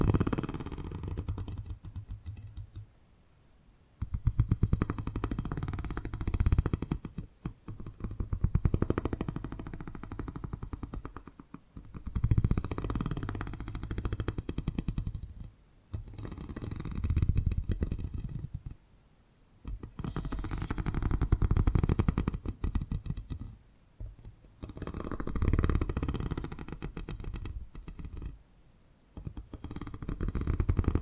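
Purring sounds come in repeated rumbling bursts, each lasting a few seconds with short quiet gaps between them, about every three to four seconds. The purr is low and dense with a buzzy, fluttering texture, and faint breathy hiss rides on top.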